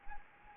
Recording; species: mosquito wingbeat signal from an infrared sensor; Anopheles gambiae